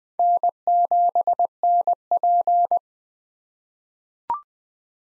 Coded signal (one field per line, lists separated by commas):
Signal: Morse code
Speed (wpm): 20 wpm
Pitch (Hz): 700 Hz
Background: none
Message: N7NP